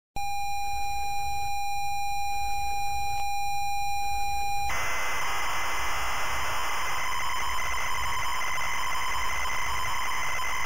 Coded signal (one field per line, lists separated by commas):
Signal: ZX Spectrum tape loading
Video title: SINCLAIR ZX SPECTRUM # BANGERS & MASH (ALTERNATIVE SOFTWARE , 1992.) # 22.590 PTS. + TAPE LOADING #